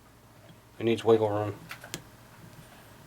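Someone talks while sliding a steel firing pin stop plate down its slot in a 1911 pistol slide, pushing the firing pin in to give it wiggle room. Brief light handling ticks follow at about 1.8 and 1.9 seconds over quiet background. The plate has not seated or clicked into place yet.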